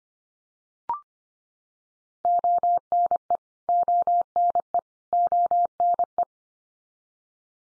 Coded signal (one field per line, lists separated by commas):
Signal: Morse code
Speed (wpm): 25 wpm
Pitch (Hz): 700 Hz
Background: none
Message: ONE ONE ONE